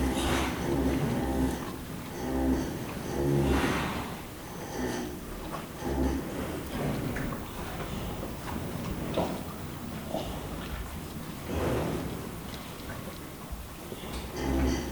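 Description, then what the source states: Cows making deep, rumbling grunts early on, followed by heavy breathy exhalations and snorts at uneven intervals. Several cows sleeping in a barn at night on a farm in the Mühlviertel, Austria.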